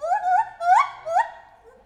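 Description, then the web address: White-handed gibbon hooting call: three clear rising whoops, each sliding upward then fading, spaced roughly half a second apart. Captive, in a zoo in Nyíregyháza, recorded in 2019, calling with shorter and longer pauses between calls. "feherkezu gibbon kisebbnagyobbszunetekkel nyiregyhaza"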